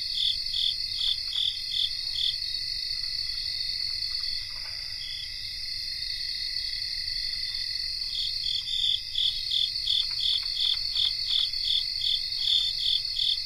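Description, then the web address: Cricket chorus of constant high trills, with rhythmic chirps at the start and again in the second half. Cricket chorus, North America. "Nature Songs N America Songs of Insects Cricket chorus"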